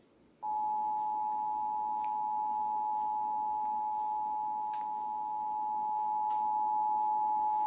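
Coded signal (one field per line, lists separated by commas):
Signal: Emergency Alert System (SAME) tones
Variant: 853 and 960 Hz attention tone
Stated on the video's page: Simulated mockup of a required monthly EAS test as carried by a cable provider.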